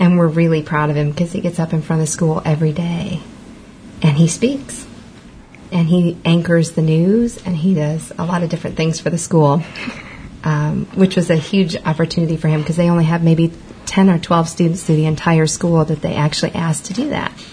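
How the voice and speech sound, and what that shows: A woman speaks in a fluent, clear, mid-pitched voice with natural phrasing and short pauses between sentences. Her speech is ordinary, with no repetitions, blocks or voice quality problems. It is typical adult conversational speech in a quiet room.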